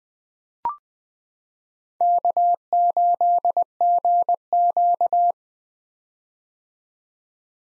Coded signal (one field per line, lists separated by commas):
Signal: Morse code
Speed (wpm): 21 wpm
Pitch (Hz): 700 Hz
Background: none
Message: K8GQ